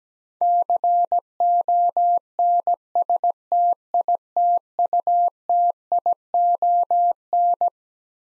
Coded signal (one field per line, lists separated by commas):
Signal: Morse code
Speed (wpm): 17 wpm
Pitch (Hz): 700 Hz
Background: none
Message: CONSTITUTION